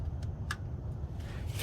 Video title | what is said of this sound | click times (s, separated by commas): How To Replace Both Fuel Filters on a Ford F250. Beginner's Guide! | back on until it clicks a little audible click | 0.5 s